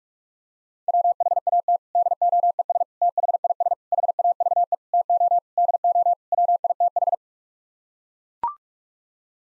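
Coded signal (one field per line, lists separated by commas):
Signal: Morse code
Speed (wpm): 41 wpm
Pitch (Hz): 700 Hz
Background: none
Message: WHAT DOES THIS HAVE TO DO WITH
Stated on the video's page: Morse code word groups (common 7-word n-grams) sent at 45 wpm for head-copy practice, each set sent twice.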